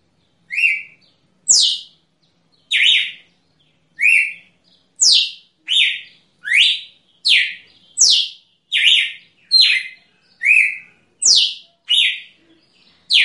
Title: Canto Galo Campina Fêmea. Galo de Campina Cantando na Natureza ( Canto de Pássaros )